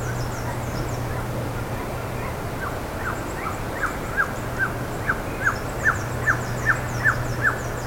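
Bird calls: quiet at first, then a steady series of falling notes from halfway on, with high chirps and a low hum.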